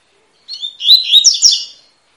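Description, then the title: Double-collared seedeater: fast high song of whistled slides and harsh buzzy notes, one phrase of about 1.4 seconds, no other sounds. Tui-tui song style of fibra-quality bird, used as a teacher song for training young birds. "COLEIRO TUI TUI FIBRA"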